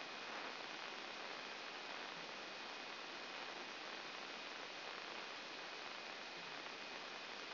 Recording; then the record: brain microelectrode recording played as sound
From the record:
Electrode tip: outside the subthalamic nucleus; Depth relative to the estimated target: 0 mm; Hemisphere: left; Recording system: AlphaMap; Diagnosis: Parkinson's disease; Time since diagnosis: 11 years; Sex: female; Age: 60 years